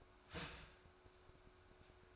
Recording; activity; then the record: daily activity, microphone in the room; start toaster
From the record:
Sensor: 2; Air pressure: 1014.6 hPa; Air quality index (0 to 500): 196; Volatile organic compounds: 20 ppm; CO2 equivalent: 2687 ppm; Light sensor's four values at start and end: 4/9/3/3 and 4/9/3/3